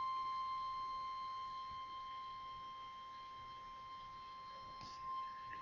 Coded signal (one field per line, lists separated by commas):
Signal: Emergency Alert System (SAME) tones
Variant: 1050 Hz attention tone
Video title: WunderGround Radio: EAS #26: Severe T'storm Warning Jul 26th, 2012